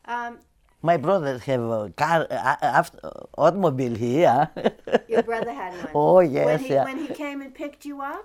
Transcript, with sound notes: Um...
My brother have a car, automobile here. (she laughs)
Your brother had one.
Oh, yes, yes.
When he came and picked you up?